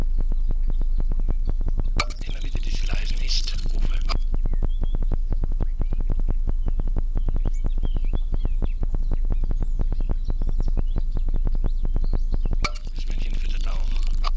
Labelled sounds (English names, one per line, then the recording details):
Western Bonelli's Warbler
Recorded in the wild
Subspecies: bonelli
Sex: diverse
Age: diverse
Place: am Erdbeerberg bei Eningen unter Achalm, Schwäbische Alb, Baden-Württemberg, DE
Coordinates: 48.4833, 9.26667
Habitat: forested mountain side
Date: 1970-06-23 10:30
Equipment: Nagra III PH, MD211, DP26
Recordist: Schneider, Hans-Joachim
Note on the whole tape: Phylloscopus bonelli bonelli. Warnrufe eines Weibchens in Nestnähe; Laute vom Männchen bei Annäherung ans Nest (mit Futter); Abwehr- oder Angstlaute der Jungen im Nest bei Belästigung durch den Beobachter. (Teilweise technische Störungen.) Sonagramm